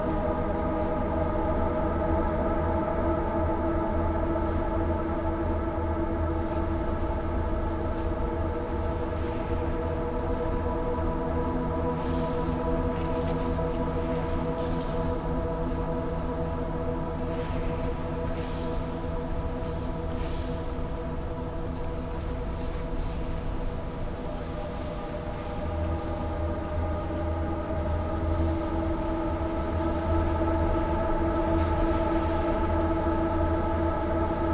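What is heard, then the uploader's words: A field recording from Saint Petersburg, filled with a steady, dense mechanical drone: a deep hum with several held tones stacked above it, like a running engine or train. Faint, brief clicks and ticks surface between about 9 and 23 seconds. Winter in Saint Petersburg presents a sound art work with field recordings collected in Saint Petersburg.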